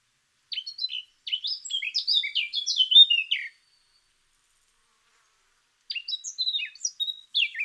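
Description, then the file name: Eurasian blackcap song: a hurried jumble of sharp chirps and warbled notes for about three seconds, a long pause, then another scratchy burst begins. "Sylvia atricapilla"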